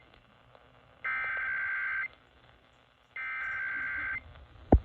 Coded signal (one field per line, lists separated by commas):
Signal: Emergency Alert System (SAME) tones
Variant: header bursts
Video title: EAS#187: NPT WCCO-AM